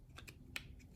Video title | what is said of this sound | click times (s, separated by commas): Slipper Clutch Adjustment on Axial SCX10 III | just like that it all snaps in | 0.6 s